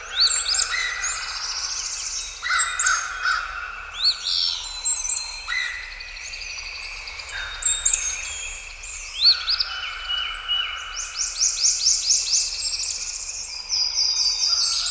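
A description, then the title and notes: A dense chorus of bird songs runs the whole time, with overlapping bright chirps, whistles and trills from several birds at once. Near the end comes a quick run of sharp, evenly spaced descending notes. A faint low rumble sits underneath throughout. Downy Woodpecker and Other Bird Songs. This recording offers continuous downy woodpecker calls and drumming recorded in their natural habitat, together with other birds and forest creatures.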